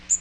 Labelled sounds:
Magnolia Warbler flight call

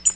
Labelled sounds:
Tennessee Warbler flight call

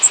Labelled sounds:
Blackpoll Warbler flight call

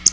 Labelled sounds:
Black-throated Blue Warbler flight call

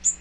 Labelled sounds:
Magnolia Warbler flight call

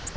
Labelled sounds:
Virginia's Warbler flight call

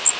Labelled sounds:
Blackpoll Warbler flight call

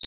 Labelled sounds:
Connecticut Warbler flight call

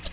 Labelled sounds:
Nashville Warbler flight call

